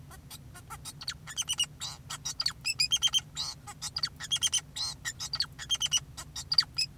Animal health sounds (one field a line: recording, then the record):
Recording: song of a male Bengalese finch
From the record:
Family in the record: son of father 2, and himself father 4